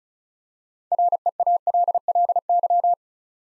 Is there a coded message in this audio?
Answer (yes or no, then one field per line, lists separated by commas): yes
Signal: Morse code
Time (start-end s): 0.9-2.9 s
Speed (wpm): 35 wpm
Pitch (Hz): 700 Hz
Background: none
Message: REALLY